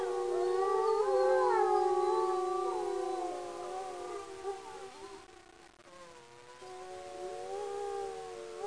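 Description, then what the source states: Wolf chorus of sustained overlapping howls, steady and wavering tones layered at several pitches, with one voice dipping and rising before the group swells again. Several wolves.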